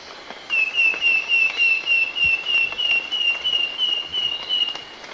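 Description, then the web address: Wing-banded Wren giving an even run of short, clear whistled notes, roughly three to four per second, against soft background hiss. Ecuador. "Birds of Ecuador wing-banded Wren"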